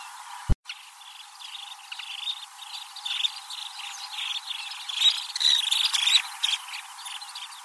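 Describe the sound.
Bird chirps, quick high notes repeated irregularly and building in intensity, after a brief click at the start.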